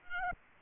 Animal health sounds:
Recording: mosquito wingbeat signal from an infrared sensor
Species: Aedes albopictus

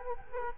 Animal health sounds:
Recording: mosquito wingbeat signal from an infrared sensor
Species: Culex quinquefasciatus

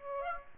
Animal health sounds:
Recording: mosquito wingbeat signal from an infrared sensor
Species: Aedes aegypti

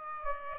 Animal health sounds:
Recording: mosquito wingbeat signal from an infrared sensor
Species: Aedes aegypti

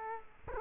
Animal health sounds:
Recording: mosquito wingbeat signal from an infrared sensor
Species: Culex quinquefasciatus

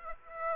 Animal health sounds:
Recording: mosquito wingbeat signal from an infrared sensor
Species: Aedes aegypti

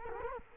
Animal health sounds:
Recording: mosquito wingbeat signal from an infrared sensor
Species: Culex quinquefasciatus

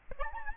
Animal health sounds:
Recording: mosquito wingbeat signal from an infrared sensor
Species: Aedes albopictus

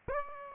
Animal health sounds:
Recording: mosquito wingbeat signal from an infrared sensor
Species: Aedes aegypti

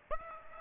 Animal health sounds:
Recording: mosquito wingbeat signal from an infrared sensor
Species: Aedes aegypti

